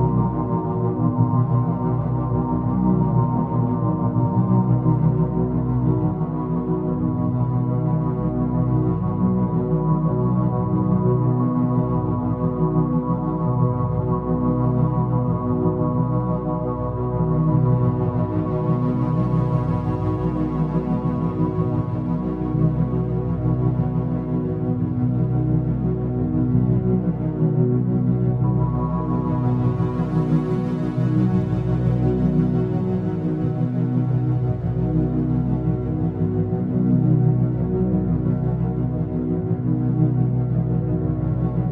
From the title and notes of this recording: 9' Binaural Beats and White Noise.